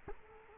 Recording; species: mosquito wingbeat signal from an infrared sensor; Culex quinquefasciatus